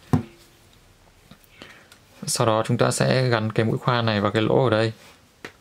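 The plastic drill piece of a toy sword is handled near the hole on the body of the toy, about to be attached to convert it to gun form, while someone talks. Light handling taps and knocks are heard through the clip, with a sharper one near the start and another at the very end. Nothing has seated or clicked yet.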